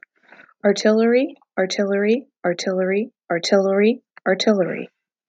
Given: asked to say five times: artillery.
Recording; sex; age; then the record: repeated word; female; 30 to 39 years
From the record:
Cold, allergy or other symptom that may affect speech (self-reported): no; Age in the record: 35 years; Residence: Pennsylvania, United States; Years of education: 16